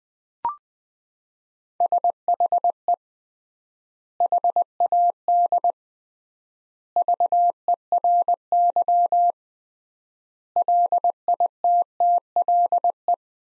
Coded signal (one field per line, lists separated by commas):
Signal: Morse code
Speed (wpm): 21 wpm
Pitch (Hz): 700 Hz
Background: none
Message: SHE HAD VERY LITTLE